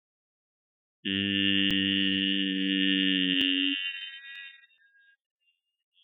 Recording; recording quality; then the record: sustained vowel as in beet; excellent, no background noise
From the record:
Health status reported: exposed to COVID-19, no respiratory illness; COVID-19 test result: not tested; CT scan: not taken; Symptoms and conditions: cough, fever, fatigue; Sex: male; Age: 35 years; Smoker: no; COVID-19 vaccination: none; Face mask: not worn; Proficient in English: yes